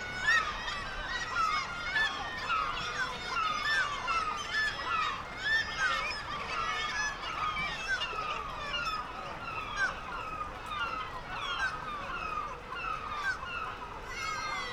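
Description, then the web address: Black-legged kittiwake colony chorus: steady overlapping nasal calls, many birds calling at once throughout. "sound Black-legged-kittiwake. صدای-پرنده-کاکایی-پاسیاه"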